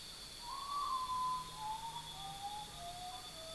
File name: Common Potoo